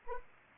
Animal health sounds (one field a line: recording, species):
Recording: mosquito wingbeat signal from an infrared sensor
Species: Anopheles arabiensis